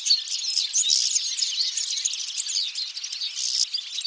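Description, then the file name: European goldfinch twittering, bright high chirps and short trills crowding together, a few sharper notes popping out near the start. "Carduelis carduelis"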